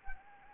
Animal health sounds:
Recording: mosquito wingbeat signal from an infrared sensor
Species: Anopheles gambiae

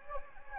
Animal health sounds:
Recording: mosquito wingbeat signal from an infrared sensor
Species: Anopheles gambiae

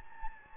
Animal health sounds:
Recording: mosquito wingbeat signal from an infrared sensor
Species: Anopheles gambiae

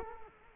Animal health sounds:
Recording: mosquito wingbeat signal from an infrared sensor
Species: Culex quinquefasciatus

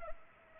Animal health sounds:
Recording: mosquito wingbeat signal from an infrared sensor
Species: Culex pipiens

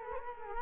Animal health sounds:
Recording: mosquito wingbeat signal from an infrared sensor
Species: Culex quinquefasciatus

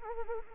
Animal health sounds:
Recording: mosquito wingbeat signal from an infrared sensor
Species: Anopheles arabiensis

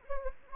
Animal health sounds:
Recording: mosquito wingbeat signal from an infrared sensor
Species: Anopheles gambiae

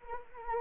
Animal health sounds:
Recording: mosquito wingbeat signal from an infrared sensor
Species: Anopheles arabiensis

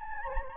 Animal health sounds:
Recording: mosquito wingbeat signal from an infrared sensor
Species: Anopheles gambiae

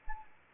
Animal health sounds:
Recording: mosquito wingbeat signal from an infrared sensor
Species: Anopheles arabiensis

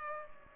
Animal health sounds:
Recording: mosquito wingbeat signal from an infrared sensor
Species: Culex pipiens

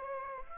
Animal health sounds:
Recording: mosquito wingbeat signal from an infrared sensor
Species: Aedes aegypti

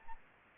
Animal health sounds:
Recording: mosquito wingbeat signal from an infrared sensor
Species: Aedes albopictus

